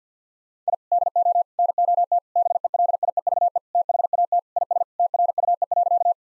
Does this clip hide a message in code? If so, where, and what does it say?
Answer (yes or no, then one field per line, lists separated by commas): yes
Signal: Morse code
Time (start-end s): 0.7-6.1 s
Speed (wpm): 50 wpm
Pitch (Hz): 700 Hz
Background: none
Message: I DO NOT BELIEVE THAT IS TRUE.